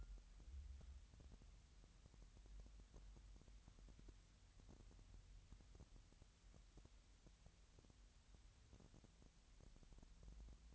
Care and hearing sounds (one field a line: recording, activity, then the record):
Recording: daily activity, microphone in the room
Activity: wipe stove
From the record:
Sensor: 3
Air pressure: 1003.2 hPa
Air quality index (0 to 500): 196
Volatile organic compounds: 6 ppm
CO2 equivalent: 1921 ppm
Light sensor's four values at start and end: 12/28/12/12 and 12/28/12/12